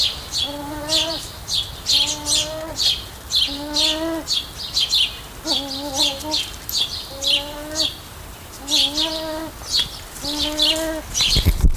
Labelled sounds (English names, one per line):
Arabian Partridge call